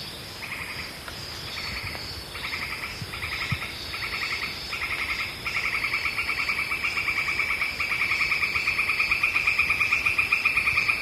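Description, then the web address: Northern white-crowned tapaculo song: short bursts of rapid notes that run together into a long, steady trill, with a constant high insect drone behind. Recorded in Ecuador, South America. "Natures Songs S America Birds of Ecuador 01 Northern White-crowned Tapaculo"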